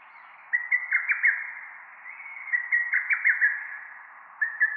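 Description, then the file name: Lesser cuckoo repeating a rapid, choppy phrase of five or so sharp notes twice, roughly every two seconds, then starting a third at the end, over faint background hiss. Recorded at Ueta, Tokyo, on 10 June 2006. "hototogisu-ueta-tokyo 060610"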